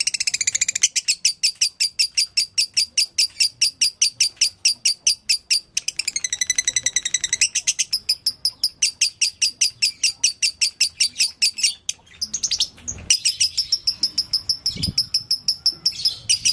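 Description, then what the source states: Canary song: long, fast runs of high chirps repeated several per second, with abrupt switches to trilled phrases and buzzy rolls, pausing briefly near the end. Long-duration canary song, masteran for training other songbirds.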